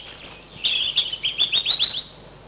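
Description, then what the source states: European robin song: a thin high whistle, then a rapid sparkling run of warbled notes, fading after about two seconds. Spring recording.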